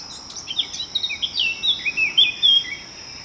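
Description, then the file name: Eurasian blackcap warbling song phrase, a quick run of varied chirping and slurred notes over about two seconds, with a steady high insect-like whine underneath. "Sylvia atricapilla"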